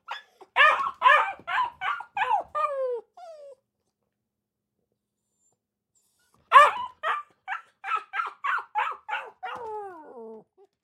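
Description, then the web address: Akita puppy barking in two bursts of quick, high yips, some ending in falling whine-like tails, with a pause of about three seconds between bursts. Akita puppy barking inside a kennel cage. "dog akita puppy bark in cage kennel"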